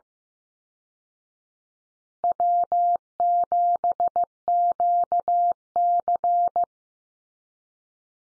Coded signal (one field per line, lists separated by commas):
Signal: Morse code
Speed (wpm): 15 wpm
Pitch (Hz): 700 Hz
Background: none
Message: W7QC